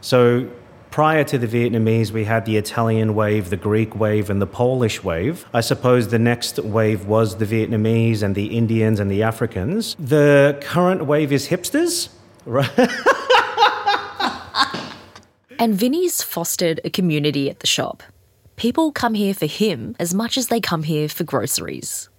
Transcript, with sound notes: So prior to the Vietnamese, we had the Italian wave, the Greek wave and the Polish wave, I suppose, the next wave was the Vietnamese. And the Indians and the Africans, the current wave is hipsters, right? (laughs)
And Vinny's fostered a community at the shop. People come here for him as much as they come for groceries.